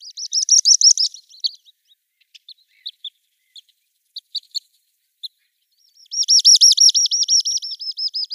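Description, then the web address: Little stint display song: a rapid, high, buzzy trill of rolling notes, pausing to scattered sharp ticks before a long pulsing trill resumes near the end. Male in display flight. "Schulze Peter Little Stint"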